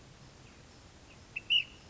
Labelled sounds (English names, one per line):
Ash-throated Flycatcher